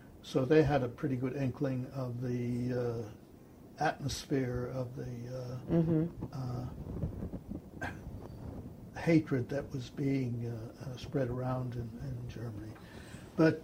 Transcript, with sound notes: so they had a pretty good inkling of the atmosphere of the (cough) hatred that was being spread around in Germany. But